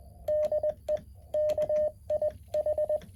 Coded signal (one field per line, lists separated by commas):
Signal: Morse code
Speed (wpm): 20 wpm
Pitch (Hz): 610 Hz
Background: none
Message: DE KIH